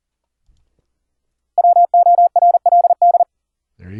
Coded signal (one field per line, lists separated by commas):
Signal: Morse code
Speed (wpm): 40 wpm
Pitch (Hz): 700 Hz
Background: speech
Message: WORLD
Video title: Morse Code QSO over the internet - software setup - config 16 - (all ASIO apps)